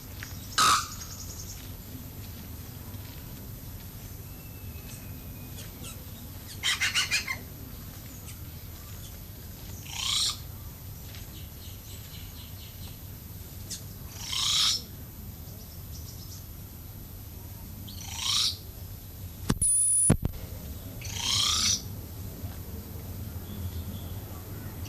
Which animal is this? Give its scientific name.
Procnias nudicollis